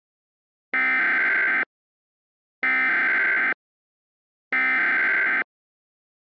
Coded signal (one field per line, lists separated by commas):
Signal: Emergency Alert System (SAME) tones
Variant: header bursts